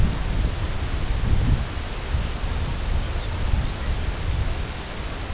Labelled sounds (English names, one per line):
Lapland Longspur